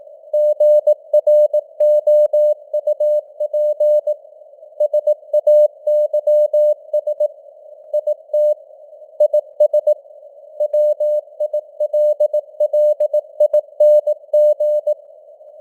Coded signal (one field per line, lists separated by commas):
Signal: Morse code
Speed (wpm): 18 wpm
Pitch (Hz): 600 Hz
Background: none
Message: GROUP SAYS IT IS WILLING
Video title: Morse Code News | 2025-11-25 | 18wpm